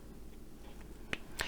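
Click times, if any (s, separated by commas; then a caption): 1.1 s. The plastic cap of an alcohol marker is pushed onto the chisel-tip end and snaps home with a sharp click at 1.1 s, a tight seal that keeps the marker juicy. A second click follows at 1.4 s and a fainter one at 1.6 s, over a quiet low background hum.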